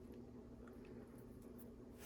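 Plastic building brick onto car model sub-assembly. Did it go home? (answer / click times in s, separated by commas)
no / none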